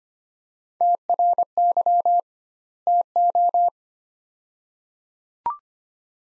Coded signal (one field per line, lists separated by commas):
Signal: Morse code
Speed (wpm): 25 wpm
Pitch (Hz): 700 Hz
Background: none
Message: TRY TO